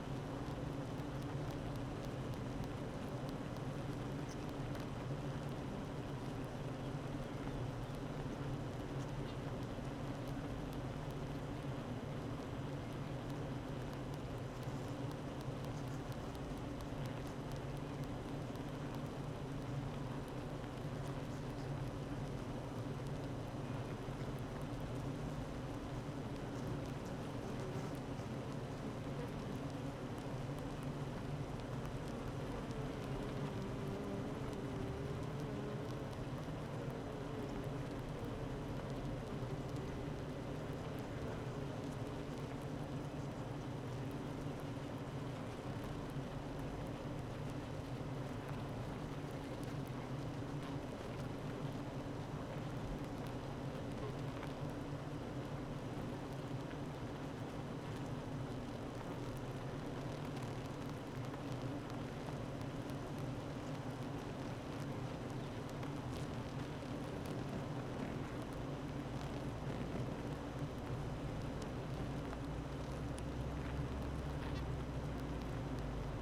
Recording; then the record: honeybee colony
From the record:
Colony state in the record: active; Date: 12 June 2018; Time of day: 8:58